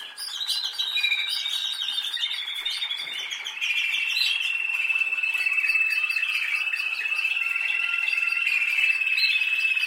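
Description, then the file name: Canary song: mixed chattering notes give way to a long, even rolling trill held steadily for several seconds. "Canary Voice"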